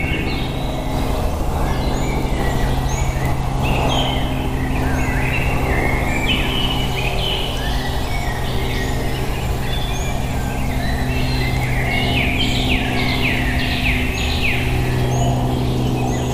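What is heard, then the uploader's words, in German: Birds sing in a forest on a March evening, their short bright calls and chirps coming often, with a cluster of quick repeated notes near the end. Underneath runs a steady low rumble, like an aircraft, that holds level throughout. Sonnenuntergang im Wald. Vögel im Wald an einem Abend im März, nur unterbrochen von einem Flugzeug.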